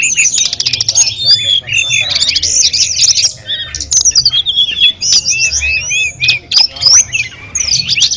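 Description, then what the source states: Sunda robin song: overlapping high twittering and slurred whistles from multiple birds, sustained chorus with quick clicking notes mixed in. Five tledekan birds singing together.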